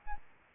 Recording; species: mosquito wingbeat signal from an infrared sensor; Aedes albopictus